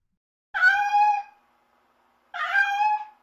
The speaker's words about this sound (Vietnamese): Tiếng con mèo không biết ở đâu kêu lên khiến ông Thành tỉnh giấc.